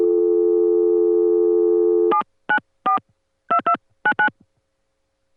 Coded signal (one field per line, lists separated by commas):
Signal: DTMF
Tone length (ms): 90 ms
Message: 7942299